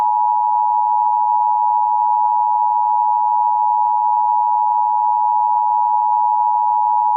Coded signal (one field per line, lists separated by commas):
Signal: Emergency Alert System (SAME) tones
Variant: 853 and 960 Hz attention tone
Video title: Qubo (REMASTERED) - An EAS Scenario